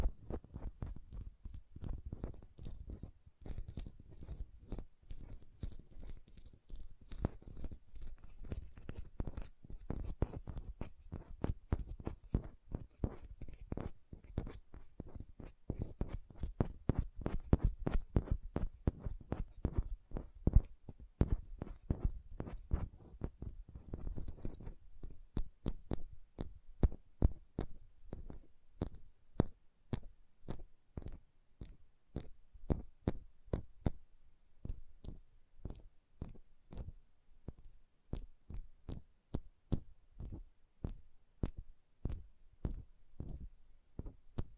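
Fingernails tap in quick, dense runs of sharp clicks, with soft rubbing of hands underneath. The taps come fast and fairly even, thickest around the middle, then thin into more spaced, distinct clicks after about twenty-five seconds, continuing to the end.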